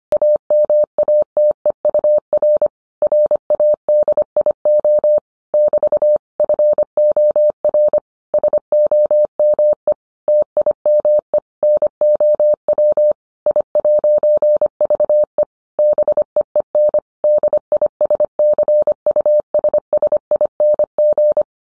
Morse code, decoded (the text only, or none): AMATEUR RADIO <BT> FOR SOME TIME NOW I'VE BEEN DISCUSSING